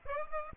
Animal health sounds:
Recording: mosquito wingbeat signal from an infrared sensor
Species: Aedes aegypti

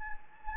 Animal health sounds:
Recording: mosquito wingbeat signal from an infrared sensor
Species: Anopheles gambiae

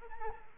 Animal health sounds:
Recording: mosquito wingbeat signal from an infrared sensor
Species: Aedes aegypti

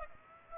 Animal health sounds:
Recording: mosquito wingbeat signal from an infrared sensor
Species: Aedes aegypti

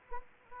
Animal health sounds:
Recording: mosquito wingbeat signal from an infrared sensor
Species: Anopheles arabiensis

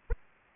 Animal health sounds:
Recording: mosquito wingbeat signal from an infrared sensor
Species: Aedes aegypti

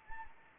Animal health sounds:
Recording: mosquito wingbeat signal from an infrared sensor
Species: Anopheles gambiae

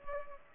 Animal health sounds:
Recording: mosquito wingbeat signal from an infrared sensor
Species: Culex pipiens

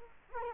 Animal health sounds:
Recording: mosquito wingbeat signal from an infrared sensor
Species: Culex quinquefasciatus

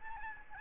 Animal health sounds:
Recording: mosquito wingbeat signal from an infrared sensor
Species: Aedes albopictus

